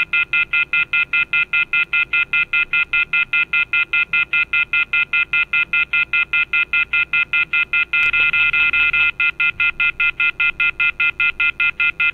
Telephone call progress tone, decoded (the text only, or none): off-hook warning tone